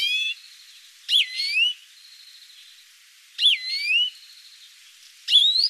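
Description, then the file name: European greenfinch calls, a few harmonic notes that dip and rise, about two seconds apart, with a faint steady tone between. "Chloris chloris"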